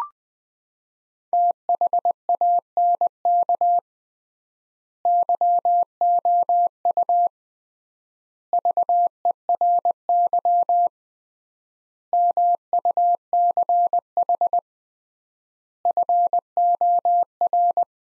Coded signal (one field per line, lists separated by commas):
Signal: Morse code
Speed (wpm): 20 wpm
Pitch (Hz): 700 Hz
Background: none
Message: THANK YOU VERY MUCH FOR